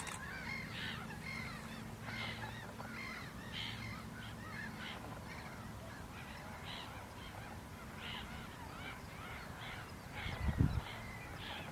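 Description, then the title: Northern lapwing calling repeatedly in wheezy slurred notes, with a low hum underneath for the first five seconds and a brief thump near the end. Two northern lapwings, in Enger, Germany. "Two Northern Lapwings (Kiebitze) in Enger, Germany"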